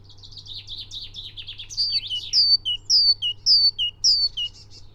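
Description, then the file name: Great tit song opening with soft buzzy twittering that runs into a rhythmic series of sharp two-note phrases, high then low, repeated evenly. "Parus major"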